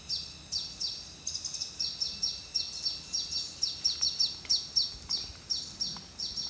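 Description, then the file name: Small sunbird calling with rapid high, thin, downslurred chirps, several each second in uneven bursts, over a faint steady high hum. "Small sunbird"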